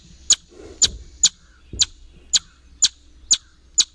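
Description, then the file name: A Eastern chipmunk's short, high chip notes, repeated roughly twice a second, slightly irregular, with soft low rustling between some notes. "EACH chip"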